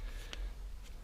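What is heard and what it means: A component of a lawnmower pull-cord recoil starter is pressed into the pull-start housing during a repair. A faint single tap sounds at 0.3 s against a quiet background. The part is not fully seated and still needs pushing down further.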